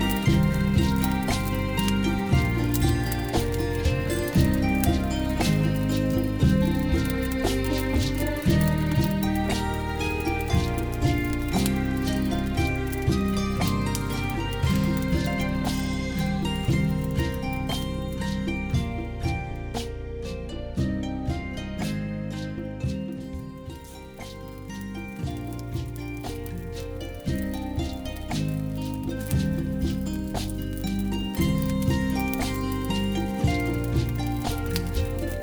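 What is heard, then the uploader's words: Medieval-style tavern music plays steadily, with quick plucked notes over a deep, sustained low drone, while a fireplace crackles and pops with dense, irregular snaps throughout. Around the twenty-second mark the music thins and softens briefly before the full, busy texture returns. Medieval Music from a Cosy Tavern - Medieval Style Tavern Music with Cracking Fireplace Sounds.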